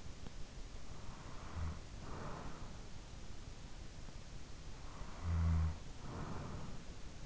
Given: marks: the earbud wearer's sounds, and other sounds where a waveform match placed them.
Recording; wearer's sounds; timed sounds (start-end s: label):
sounds in sleep by an in-ear microphone; breath, snoring breath
0.75-3.49 s: breath
4.53-7.26 s: snoring breath